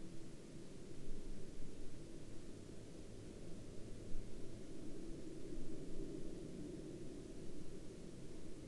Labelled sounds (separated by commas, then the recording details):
aircraft
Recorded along the Dempster Highway, Canada, on 20 October 2020 at 13:21
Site 11